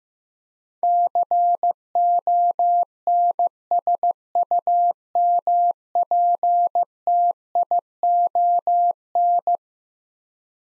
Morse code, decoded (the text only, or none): CONSUMPTION